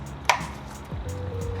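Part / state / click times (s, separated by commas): bulb socket into the third brake light housing / seated / 0.3 s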